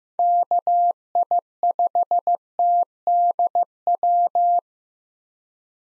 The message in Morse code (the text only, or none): KI5TDW